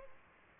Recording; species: mosquito wingbeat signal from an infrared sensor; Aedes aegypti